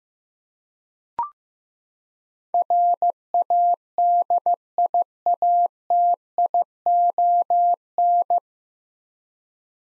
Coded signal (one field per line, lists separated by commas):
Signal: Morse code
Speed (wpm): 15 wpm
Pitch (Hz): 700 Hz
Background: none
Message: RADIATION